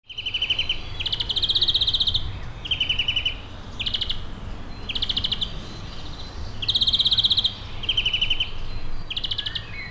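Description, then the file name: European greenfinch calling in repeated rapid trills, each burst lasting up to about a second, several in a row, over constant low background noise. "Chloris chloris"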